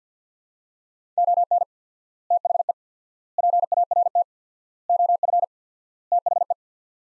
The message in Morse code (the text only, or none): ON THE PART OF THE